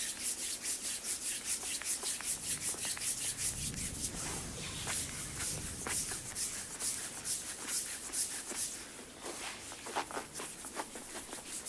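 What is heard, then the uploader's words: A full body massage: hands rub and brush against skin or cloth in a steady stream of quick, crisp strokes, bright and papery, repeating several times a second. Around four seconds a softer, lower rubbing swells underneath before the strokes carry on evenly. ASMR FULL BODY massage.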